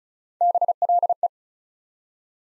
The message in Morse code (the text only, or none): BLE